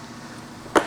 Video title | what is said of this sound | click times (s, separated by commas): How To Change the Air Filter on Toro Zero Turn | push and push down towards the front and you'll notice it'll slap snap right into place | 0.8 s